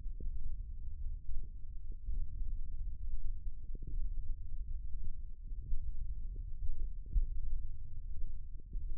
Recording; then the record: forearm muscle sounds (acoustic myography)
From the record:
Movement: finger pinch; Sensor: system 1, eight BSWA MPA416 microphones around the upper forearm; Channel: 6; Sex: male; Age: 20 years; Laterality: left